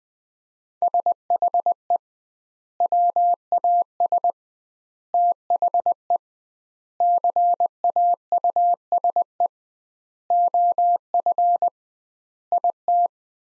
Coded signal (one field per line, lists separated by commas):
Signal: Morse code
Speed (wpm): 20 wpm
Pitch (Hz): 700 Hz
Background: none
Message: SHE WAS THE CAUSE OF IT